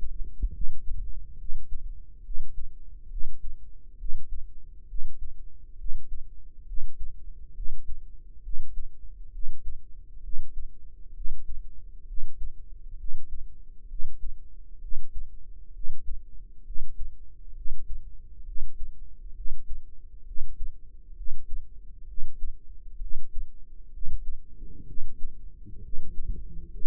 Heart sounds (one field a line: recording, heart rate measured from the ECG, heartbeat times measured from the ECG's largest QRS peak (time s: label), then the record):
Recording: heart sounds by microphone in the right ear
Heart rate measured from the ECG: 66 bpm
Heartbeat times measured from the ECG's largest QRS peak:
0.51 s: heartbeat
1.36 s: heartbeat
2.22 s: heartbeat
3.08 s: heartbeat
3.96 s: heartbeat
4.86 s: heartbeat
5.76 s: heartbeat
6.64 s: heartbeat
7.52 s: heartbeat
8.41 s: heartbeat
9.30 s: heartbeat
10.20 s: heartbeat
11.12 s: heartbeat
12.05 s: heartbeat
12.96 s: heartbeat
13.86 s: heartbeat
14.79 s: heartbeat
15.71 s: heartbeat
16.62 s: heartbeat
17.53 s: heartbeat
18.43 s: heartbeat
19.33 s: heartbeat
20.23 s: heartbeat
21.13 s: heartbeat
22.05 s: heartbeat
22.98 s: heartbeat
23.89 s: heartbeat
24.84 s: heartbeat
25.80 s: heartbeat
26.68 s: heartbeat
From the record:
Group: healthy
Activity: Valsalva maneuver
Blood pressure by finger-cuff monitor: 107/69 mmHg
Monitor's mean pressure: 81 mmHg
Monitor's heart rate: 67 bpm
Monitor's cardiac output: 5.3 L/min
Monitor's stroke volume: 79 mL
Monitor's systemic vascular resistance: 1100 dyn s/cm5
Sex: female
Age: 22 years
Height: 160 cm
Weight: 45 kg